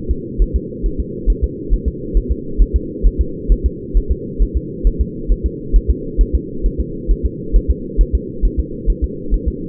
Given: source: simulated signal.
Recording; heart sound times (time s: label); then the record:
fetal heart sounds
0.11 s: S2
0.42 s: S1
0.56 s: S2
0.86 s: S1
1.00 s: S2
1.30 s: S1
1.44 s: S2
1.74 s: S1
1.88 s: S2
2.17 s: S1
2.32 s: S2
2.62 s: S1
2.76 s: S2
3.07 s: S1
3.21 s: S2
3.52 s: S1
3.66 s: S2
3.97 s: S1
4.12 s: S2
4.42 s: S1
4.57 s: S2
4.87 s: S1
5.01 s: S2
5.32 s: S1
5.46 s: S2
5.76 s: S1
5.90 s: S2
6.21 s: S1
6.35 s: S2
6.66 s: S1
6.80 s: S2
7.11 s: S1
7.26 s: S2
7.56 s: S1
7.70 s: S2
8.01 s: S1
8.15 s: S2
8.45 s: S1
8.60 s: S2
8.90 s: S1
9.04 s: S2
9.34 s: S1
9.48 s: S2
From the record:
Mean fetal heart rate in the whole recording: 135 bpm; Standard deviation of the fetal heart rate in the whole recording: 3 bpm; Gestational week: 36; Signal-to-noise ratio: -4.3 dB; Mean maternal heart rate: 72 bpm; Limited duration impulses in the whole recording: absent